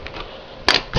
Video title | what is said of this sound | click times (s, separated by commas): Dell Latitude C Series HD, RAM, and Network Card Install How-To | it in the computer and push it firmly in there and you're going to kind of hear it click | 0.7 s